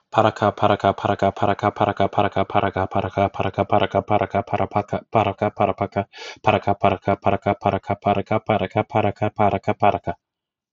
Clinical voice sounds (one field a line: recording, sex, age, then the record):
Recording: repeated syllables /pa ta ka/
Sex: male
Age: 30 to 39 years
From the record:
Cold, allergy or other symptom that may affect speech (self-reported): no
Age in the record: 35 years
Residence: Ohio, United States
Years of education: 14